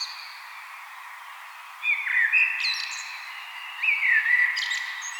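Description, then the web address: Common blackbird song: two rich fluted phrases about two seconds apart, each closing with a brief high thin twitter. "vogelstimmen amsel gesang nabu lars lachmann"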